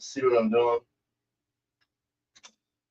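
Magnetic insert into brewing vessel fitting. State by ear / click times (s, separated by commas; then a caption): seated / 2.4 s, 2.5 s. Someone talks briefly, then a small magnetic insert is pressed into a fitting on brewing equipment, ahead of fitting the gasket and tri-clamp. It pops in with two short clicks at 2.4 s and 2.5 s, and the insert is seated.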